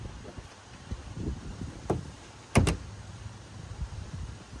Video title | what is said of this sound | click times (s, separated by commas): Chevy Equinox/GMC Terrain GPS Antenna Replacement | you'll feel it click into place with those pinch points I showed you. | 2.5 s